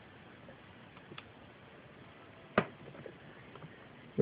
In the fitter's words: and when you hear a click it's starting to go on